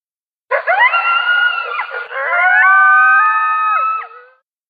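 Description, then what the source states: Coyote calling with wavering yelps, then long howls that hold level before dropping away at the end. A lone coyote.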